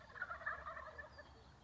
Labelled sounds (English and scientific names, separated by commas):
Wild Turkey (Meleagris gallopavo)